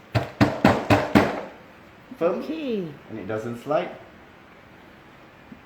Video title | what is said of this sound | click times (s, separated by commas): Keep Your Child Safe With Baby Carrier - Rodalink Unboxing Live Show | hand tighten until it clicks in okay just make sure that the leg is | 0.2 s, 0.4 s